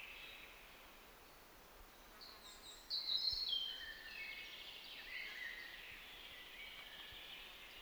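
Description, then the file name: European robin with a single fairly quiet phrase: a thin high whistle, then descending warbled notes fading into a steady background hiss. "Erithacus rubecula"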